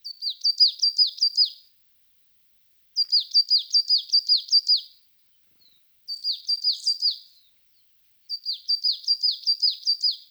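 Bird calling in four bursts of rapid, high chirps, each run of about six to eight sharp descending notes lasting under two seconds, separated by short silences.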